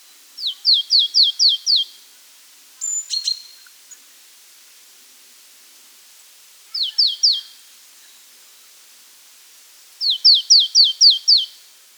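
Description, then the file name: Marsh tit giving bursts of rapid, high, downslurred notes, several at a time, separated by pauses, with a short scratchy sound after the first burst. "Poecile palustris"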